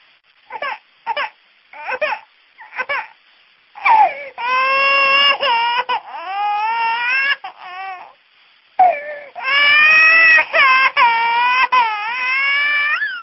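An infant cries. Several short whimpering gasps come first, followed by long, loud wails with a clear, strong pitch that rises and falls. This is an ordinary baby cry.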